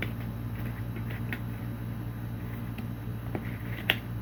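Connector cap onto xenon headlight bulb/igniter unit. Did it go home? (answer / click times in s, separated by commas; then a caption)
yes / 3.9 s. A wiring end cap is fitted onto the xenon headlight bulb/igniter unit of a BMW X3 during a repair of eroded wire insulation, then twisted until it locks. Soft handling ticks and rustles sit over a steady low hum, ending in a sharp, loud click at 3.9 s as the twist-lock cap seats into place.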